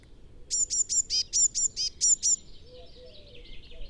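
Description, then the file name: Eurasian blue tit calling a fast run of about nine sharp, high chirps, then a softer, lower, buzzy chatter trailing off. "Cyanistes caeruleus"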